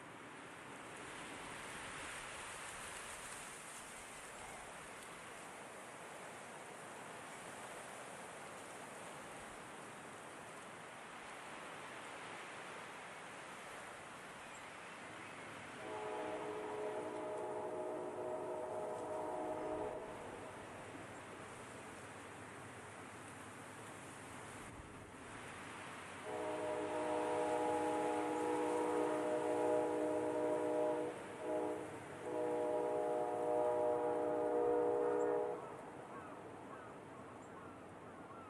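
Wind blows through grass in a steady, airy hiss for the whole stretch. A train horn sounds in the distance, a held chord from about 16 to 20 seconds, then louder and longer from 26 to 35 seconds with two brief breaks.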